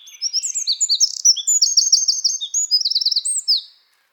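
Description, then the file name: Eurasian wren song, a fast, loud stream of high warbled notes and crisp trills lasting almost four seconds. "Troglodytes troglodytes"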